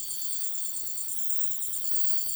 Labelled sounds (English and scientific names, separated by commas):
none